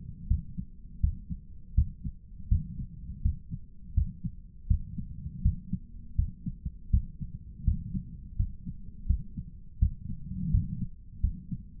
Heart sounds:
heart sounds by stethoscope; 82 bpm
0.27 s: heartbeat
1.00 s: heartbeat
1.74 s: heartbeat
2.47 s: heartbeat
3.21 s: heartbeat
3.93 s: heartbeat
4.66 s: heartbeat
5.41 s: heartbeat
6.15 s: heartbeat
6.89 s: heartbeat
7.63 s: heartbeat
8.36 s: heartbeat
9.06 s: heartbeat
9.78 s: heartbeat
10.50 s: heartbeat
11.20 s: heartbeat
From the record:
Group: healthy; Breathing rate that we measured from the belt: 24 breaths a minute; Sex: male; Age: 57 years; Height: 188 cm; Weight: 106 kg

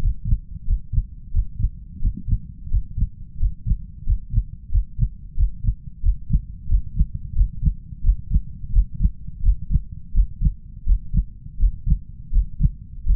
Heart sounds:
heart sounds by stethoscope; 87 bpm
0.65 s: heartbeat
1.31 s: heartbeat
1.99 s: heartbeat
2.68 s: heartbeat
3.37 s: heartbeat
4.04 s: heartbeat
4.69 s: heartbeat
5.34 s: heartbeat
6.00 s: heartbeat
6.66 s: heartbeat
7.33 s: heartbeat
8.01 s: heartbeat
8.70 s: heartbeat
9.41 s: heartbeat
10.12 s: heartbeat
10.84 s: heartbeat
11.57 s: heartbeat
12.30 s: heartbeat
13.04 s: heartbeat
From the record:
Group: healthy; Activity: breath hold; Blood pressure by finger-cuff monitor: 116/87 mmHg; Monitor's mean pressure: 95 mmHg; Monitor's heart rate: 88 bpm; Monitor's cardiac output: 6 L/min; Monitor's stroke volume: 67 mL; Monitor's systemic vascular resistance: 1140 dyn s/cm5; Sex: male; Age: 21 years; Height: 180 cm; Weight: 67.5 kg

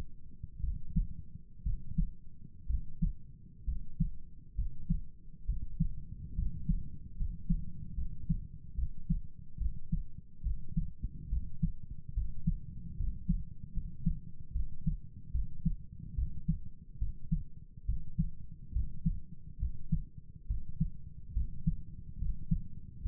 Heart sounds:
heart sounds by stethoscope; 70 bpm
0.61 s: heartbeat
1.63 s: heartbeat
2.67 s: heartbeat
3.65 s: heartbeat
4.56 s: heartbeat
5.46 s: heartbeat
6.35 s: heartbeat
7.17 s: heartbeat
7.95 s: heartbeat
8.76 s: heartbeat
9.58 s: heartbeat
10.43 s: heartbeat
11.30 s: heartbeat
12.14 s: heartbeat
12.97 s: heartbeat
13.73 s: heartbeat
14.53 s: heartbeat
15.32 s: heartbeat
16.15 s: heartbeat
16.99 s: heartbeat
17.86 s: heartbeat
18.73 s: heartbeat
19.59 s: heartbeat
20.47 s: heartbeat
21.34 s: heartbeat
22.19 s: heartbeat
23.02 s: heartbeat
From the record:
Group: healthy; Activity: rest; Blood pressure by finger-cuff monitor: 104/64 mmHg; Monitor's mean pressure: 77 mmHg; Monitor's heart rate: 70 bpm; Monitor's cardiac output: 6.7 L/min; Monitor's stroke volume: 97 mL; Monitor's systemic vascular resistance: 830 dyn s/cm5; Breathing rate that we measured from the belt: 10 breaths a minute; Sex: male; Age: 35 years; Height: 180 cm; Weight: 86.9 kg

